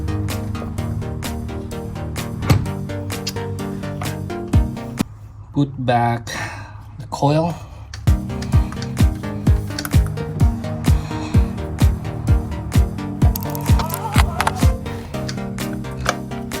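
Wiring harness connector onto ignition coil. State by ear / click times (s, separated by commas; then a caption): not seated / none. On a Honda Odyssey, the ignition coil has been put back into its spark plug well, and the plastic wiring harness connector is being handled to push onto the coil. Music plays with a steady rhythmic beat while someone talks briefly, and short handling knocks and taps are heard. The clip ends before the connector goes home, so nothing has seated or clicked yet.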